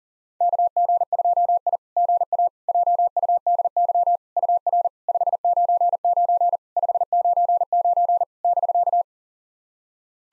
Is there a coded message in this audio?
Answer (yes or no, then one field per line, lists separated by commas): yes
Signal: Morse code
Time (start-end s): 0.4-9.0 s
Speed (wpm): 40 wpm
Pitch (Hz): 700 Hz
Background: none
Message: KG2I GA JUDY UR 599 599 <BK>